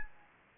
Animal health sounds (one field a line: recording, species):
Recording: mosquito wingbeat signal from an infrared sensor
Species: Anopheles gambiae